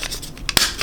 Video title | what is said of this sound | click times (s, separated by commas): Eaglemoss Back To The Future DeLorean Build Issue 1 & 2 | snapped into place so it looks like there's no | 0.6 s